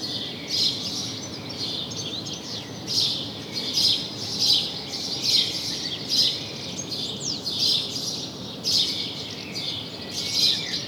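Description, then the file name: House sparrow chirping steadily, bright notes roughly every second throughout, over a continuous soft hiss. "Passer domesticus"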